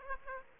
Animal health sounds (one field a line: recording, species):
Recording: mosquito wingbeat signal from an infrared sensor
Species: Aedes aegypti